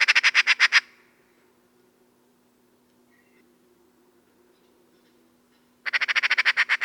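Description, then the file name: Eurasian magpie rattling harshly, a fast burst of coarse chak notes, a long silent pause of about five seconds, then another rapid chatter begins. "Pica pica"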